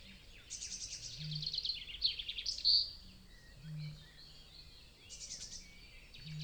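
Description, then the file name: Birds (mixed species): overlapping songs of several birds, with rapid high trills and chirps, plus low repeated notes underneath. Dawn chorus in a European wetland; stereo binaural recording. "Nature European-Wetland Dawn-Chorus"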